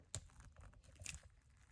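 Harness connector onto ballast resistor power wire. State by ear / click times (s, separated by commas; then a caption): seated / 1.1 s. A wiring-harness connector on the larger brown power wire, which feeds the ballast resistor on a truck, is pushed home. A sharp click sounds at 1.1 s after an earlier handling snap near 0.1 s, and the connector is seated nice and solid.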